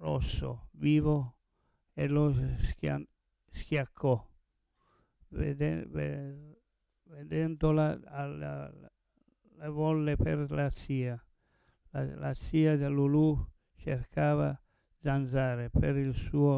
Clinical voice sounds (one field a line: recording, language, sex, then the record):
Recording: read passage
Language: Italian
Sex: male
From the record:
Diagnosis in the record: Parkinson's disease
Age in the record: 70 years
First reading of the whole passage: 112 s, 4.6 characters per second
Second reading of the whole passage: 107 s, 4.9 characters per second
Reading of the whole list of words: 68 s, 4.1 characters per second